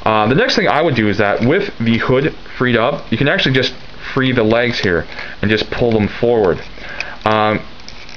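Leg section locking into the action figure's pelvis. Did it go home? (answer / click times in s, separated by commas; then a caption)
no / none. Someone talks while handling a Transformers Alternity Bumble (Bumblebee) action figure, freeing the plastic legs now that the hood is released and beginning to pull them forward toward the pelvis section. Two brief, faint handling ticks sound near the end, but nothing has seated or clicked into place yet; the leg lock has not engaged.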